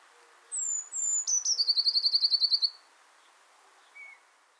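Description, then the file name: Eurasian blue tit song: two high thin drawn-out notes, then a fast even trill of many notes lasting over a second, with a faint call afterwards. "Cyanistes caeruleus"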